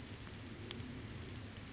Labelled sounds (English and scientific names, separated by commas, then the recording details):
California Towhee (Melozone crissalis)
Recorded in Sonoma County, California